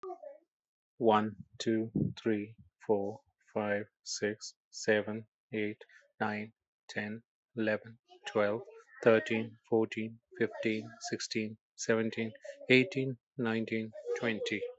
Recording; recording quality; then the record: counting at a normal pace; excellent, no background noise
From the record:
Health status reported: healthy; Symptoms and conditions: diabetes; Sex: male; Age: 42 years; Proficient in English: yes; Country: India